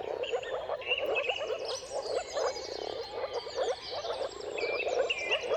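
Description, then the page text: Moor frog chorus of many soft, gurgling calls blending together, while birds sing clear whistled phrases above throughout. Mating-call chorus of many moor frogs at sunrise, turn of March and April, timing depending on the weather. "Dawn’s Chorus: Mating Calls of Marsh Frogs at Sunrise. Jakub-Orzecki moor frogs. Depending on the weather at the turn of March and April, you can witness an amazing spectacle of moor frogs"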